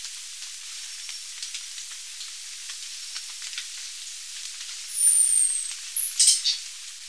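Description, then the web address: Golden-winged manakin call: a thin, high, falling whistle, then a quick cluster of sharp, rasping notes, over a constant hiss of insects. Recorded in Ecuador. "Birds of Ecuador Golden-winged Manakin"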